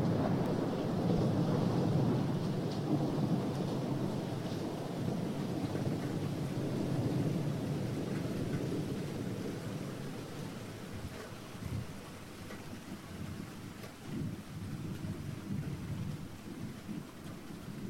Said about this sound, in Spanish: Cuando es de noche, a muchas personas nos gusta también escuchar la lluvia en el tejado o el sonido de la tormenta.